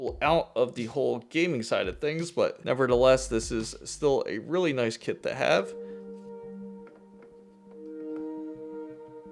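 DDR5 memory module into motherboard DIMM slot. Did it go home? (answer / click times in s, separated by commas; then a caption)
no / none. Someone talks for about the first 5.7 seconds while handling a DDR5 memory module over a motherboard DIMM slot, followed by a steady tonal hum with a faint tick near 7.2 s. Nothing has seated or clicked yet: the module is not yet pressed home into the slot.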